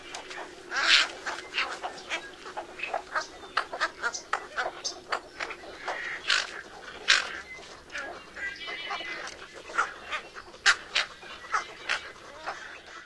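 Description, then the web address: Cattle egret: continuous chorus of harsh, croaking heron-like calls, many overlapping rasping notes repeated rapidly throughout, with occasional louder outbursts. "Songs of Birds of North America Stokes. Cattle Egret"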